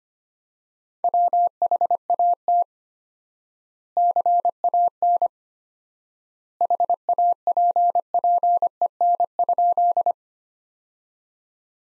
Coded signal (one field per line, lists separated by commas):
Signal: Morse code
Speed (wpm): 25 wpm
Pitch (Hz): 700 Hz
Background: none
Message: WHAT CAN HAPPEN?